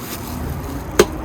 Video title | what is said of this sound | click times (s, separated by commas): Mercedes-Benz GLE Oil Change | and you want to hear that click that means that the oil filter is properly inserted | 1.0 s